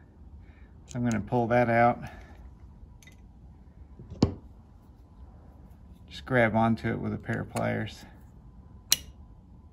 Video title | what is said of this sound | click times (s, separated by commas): Easiest way to replace hog ring. | and there you go you heard it snap closed | 8.9 s